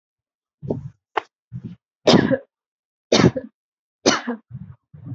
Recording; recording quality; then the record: heavy voluntary cough; moderate, slight background noise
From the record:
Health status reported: healthy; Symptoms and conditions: none ticked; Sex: female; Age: 24 years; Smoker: not ticked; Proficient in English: yes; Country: India